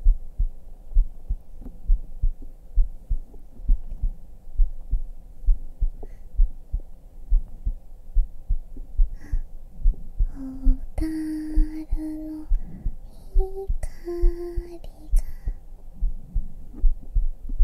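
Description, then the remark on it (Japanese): A steady, deep heartbeat thuds continuously in a slow, even rhythm, soft and muffled, in an ASMR recording made with a 3Dio binaural microphone, while a brief bright melodic tune, a supermarket closing-time song, plays over it partway through. “心音/囁き/Heart beat/deep sleep”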